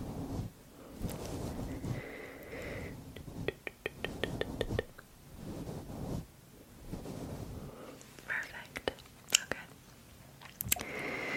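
A haircut, with a quick run of crisp scissor snips around the middle and scattered sharp clicks near the end. A low rustling and muffled rumbling comes and goes throughout, and a brief thin buzzing tone appears early on.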